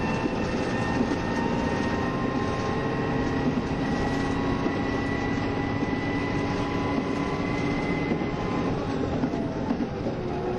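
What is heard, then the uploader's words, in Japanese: Running sound recorded aboard a KiHa 72 series diesel train, the Yufuin no Mori, travelling between Yufuin and Ukiha. A steady, dense rumble of wheels and engine holds at an even level throughout, with faint sustained whining tones and light rhythmic rail clatter underneath. キハ72系 ゆふいんの森06号01 由布院～うきは。走行音。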